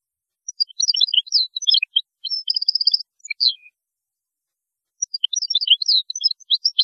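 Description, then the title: European goldfinch singing: scattered liquid twittering notes and a short buzzy run, pausing about a second before another twittering burst. "Chant Chardonneret"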